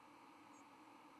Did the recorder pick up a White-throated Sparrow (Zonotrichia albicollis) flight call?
no